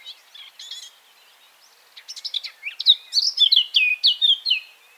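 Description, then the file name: Eurasian blackcap song opening with soft warbling, a short pause, then a louder burst of rapid notes ending in ringing whistled phrases. "Sylvia atricapilla"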